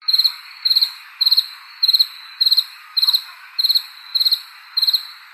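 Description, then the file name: Cricket chirping: short bright chirps of a few rapid pulses each, repeated steadily roughly every 0.6 seconds, over a background hiss. "criquet"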